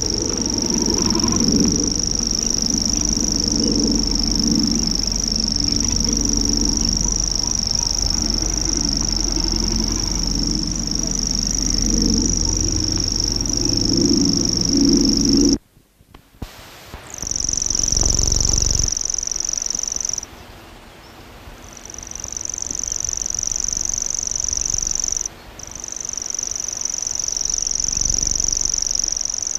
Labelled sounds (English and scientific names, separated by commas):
Common Grasshopper Warbler (Locustella naevia) song